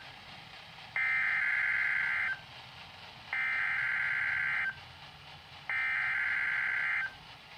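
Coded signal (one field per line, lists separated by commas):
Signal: Emergency Alert System (SAME) tones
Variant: header bursts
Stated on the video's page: EAS Winter Storm Warnings from NOAA Weather Radio station KWO35.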